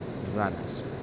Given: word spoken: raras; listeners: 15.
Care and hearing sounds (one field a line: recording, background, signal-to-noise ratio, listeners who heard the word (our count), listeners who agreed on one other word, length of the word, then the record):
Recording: one Spanish word in noise, from a listening test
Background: speech-shaped noise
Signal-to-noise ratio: 2.8 dB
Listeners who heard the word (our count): 4 of 15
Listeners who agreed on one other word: 10 of 15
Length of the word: 0.63 s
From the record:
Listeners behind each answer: 10, 4, 1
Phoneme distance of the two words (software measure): 10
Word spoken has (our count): 2 syllables, 5 phonemes, stress on syllable 1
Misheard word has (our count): 2 syllables, 5 phonemes, stress on syllable 1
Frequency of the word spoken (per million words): 8.42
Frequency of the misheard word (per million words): 3.12